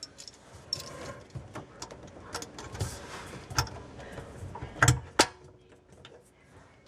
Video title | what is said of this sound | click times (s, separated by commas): INSTALLING A KITCHEN FAUCET - HOW TO | and I will snap it onto the end right here until you hear it click. | 0.7 s, 4.8 s